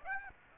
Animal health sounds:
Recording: mosquito wingbeat signal from an infrared sensor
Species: Aedes aegypti

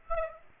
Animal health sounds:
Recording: mosquito wingbeat signal from an infrared sensor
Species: Aedes aegypti

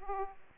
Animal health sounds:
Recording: mosquito wingbeat signal from an infrared sensor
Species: Aedes aegypti

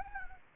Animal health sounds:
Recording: mosquito wingbeat signal from an infrared sensor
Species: Anopheles arabiensis

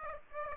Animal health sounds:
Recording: mosquito wingbeat signal from an infrared sensor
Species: Aedes aegypti

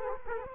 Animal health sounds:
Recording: mosquito wingbeat signal from an infrared sensor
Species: Culex quinquefasciatus

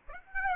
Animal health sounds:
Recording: mosquito wingbeat signal from an infrared sensor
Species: Aedes aegypti

